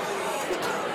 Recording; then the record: coughing mixed with background sound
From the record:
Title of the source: 30 Chesty and wet cough